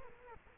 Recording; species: mosquito wingbeat signal from an infrared sensor; Culex quinquefasciatus